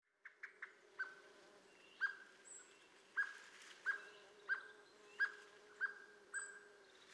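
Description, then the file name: Common blackbird giving clipped, even notes repeated steadily after a few quick opening notes, with a low droning hum underneath. "Turdus merula"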